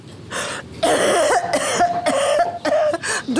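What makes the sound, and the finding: Adult actor (acted cough). Dry cough.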